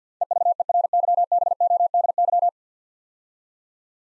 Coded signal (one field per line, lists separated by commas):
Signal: Morse code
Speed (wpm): 50 wpm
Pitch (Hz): 700 Hz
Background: none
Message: EVERYBODY